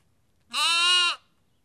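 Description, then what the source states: Sheep: lamb with one short, clear bleat under a second long, bright and harmonic, against a silent background. Lamb; Kakopetria, Cyprus.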